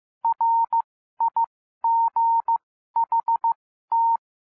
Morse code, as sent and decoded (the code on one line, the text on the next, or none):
.-. .. --. .... -
RIGHT